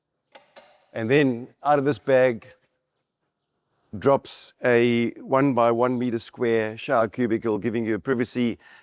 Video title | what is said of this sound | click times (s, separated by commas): 𝗨 𝗗𝗥𝗜𝗩𝗘 𝗪𝗜𝗧𝗛 𝗕𝗨𝗦𝗛𝗪𝗔𝗞𝗞𝗔 | It's got a locking pin there that locks in place. | 0.3 s, 0.6 s